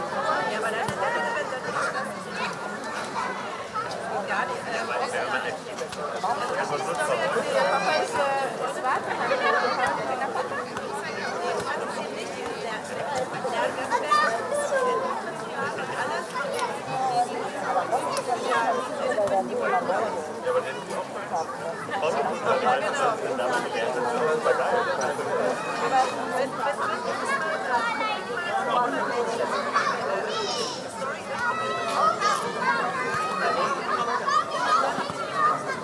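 A summer evening in Berlin at dusk, filled with the steady murmur of many people talking at once. Overlapping voices form a dense, even chatter that holds the same level throughout, with no single voice standing out and only faint sharper sounds flickering above it.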